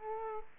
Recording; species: mosquito wingbeat signal from an infrared sensor; Aedes aegypti